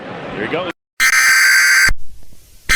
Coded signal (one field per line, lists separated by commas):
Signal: Emergency Alert System (SAME) tones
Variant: header bursts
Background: speech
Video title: EAS) REQUIRED MONTHLY TEST SIMULATION.